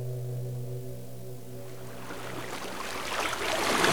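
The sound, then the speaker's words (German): A low, steady droning hum fades as the rush of moving water and lapping waves from someone swimming swells, growing louder and more splashy toward the end, with no voices. “Herrlich, du solltest auch ins Wasser.”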